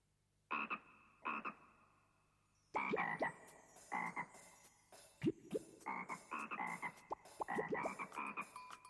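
A frog croaks in a series of short, rhythmic, throaty calls, starting with two spaced croaks and then repeating rapidly and loudly over a low, steady background hum.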